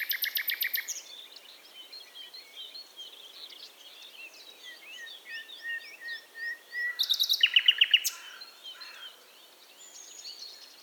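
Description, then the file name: Common nightingale song: a rapid buzzy rattle opens, then soft varied twittering and a loud stuttering trill of repeated notes. "Luscinia megarhynchos"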